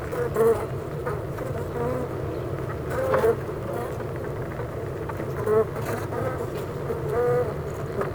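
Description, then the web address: Honey bees humming as a dense, steady drone, with brief higher individual buzzes rising above the hive hum every few seconds. Honey bee hive at Clara Vale, Gateshead, UK. "impossible-music Honey Bee Hive-Clara Vale,Gateshead,UK"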